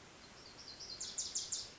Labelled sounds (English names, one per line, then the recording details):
Wilson's Warbler
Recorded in Sonoma County, California